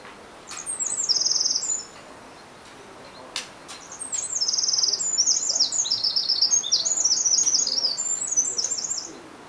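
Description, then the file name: Eurasian wren delivering a short high trill, then after a pause a longer rapid run of buzzy, tinkling phrases descending and rising in steps. "Troglodytes troglodytes"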